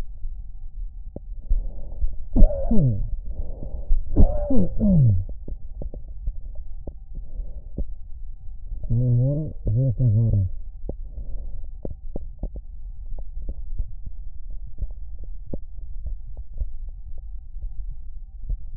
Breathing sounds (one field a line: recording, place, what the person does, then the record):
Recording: lung sounds by stethoscope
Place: right anterior apical chest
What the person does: quiet breathing, then cough and speech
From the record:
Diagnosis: interstitial lung disease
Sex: male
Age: 66 years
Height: 164 cm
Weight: 76.2 kg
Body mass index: 28.3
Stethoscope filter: extended mode